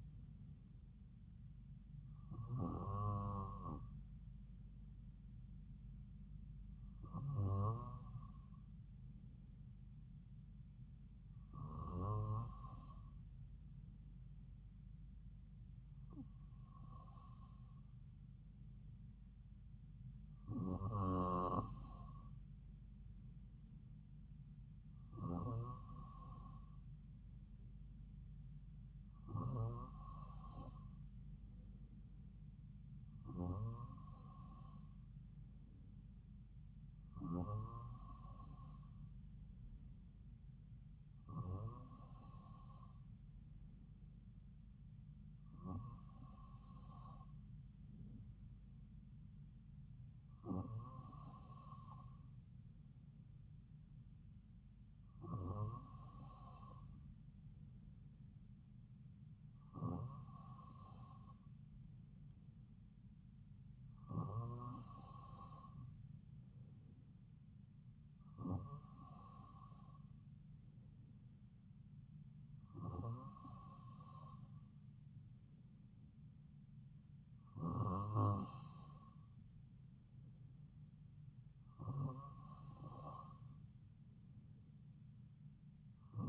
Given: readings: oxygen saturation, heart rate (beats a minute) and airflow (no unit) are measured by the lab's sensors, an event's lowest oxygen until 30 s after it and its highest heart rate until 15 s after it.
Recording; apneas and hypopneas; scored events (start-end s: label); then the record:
breathing in sleep by a smartphone at the bedside; none
none scored
From the record:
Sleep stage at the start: N2 (light sleep); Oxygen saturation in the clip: 94 to 95%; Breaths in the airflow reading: 19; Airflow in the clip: -2.8 to 2.1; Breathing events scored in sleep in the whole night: 270 in 6.1 hours asleep